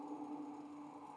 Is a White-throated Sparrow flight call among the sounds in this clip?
no